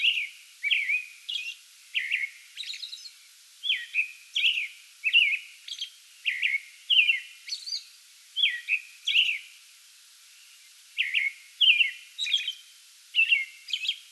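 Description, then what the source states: American robin pouring out rapid whistled caroling phrases, nearly continuous with one brief pause, interspersed with high squeaky notes. Pre-dawn song bout recorded 8 May 2022.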